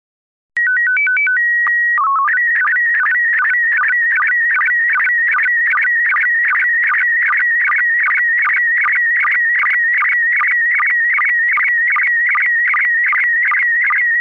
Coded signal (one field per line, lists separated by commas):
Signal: SSTV (slow-scan television)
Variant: PD 50